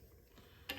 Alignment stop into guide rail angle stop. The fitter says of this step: something I wouldn't have originally thought of but those just snap into place